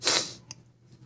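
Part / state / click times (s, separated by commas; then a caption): pick tool into pocket knife handle slot / not seated / none. A small pick or toothpick tool is handled at its slot in the G10 handle of a Knafs Knives Sendy pocket knife. A broad, breathy rustle opens the clip, followed by a faint sharp tick at about 0.5 seconds and then near quiet. Nothing has seated or clicked into place yet.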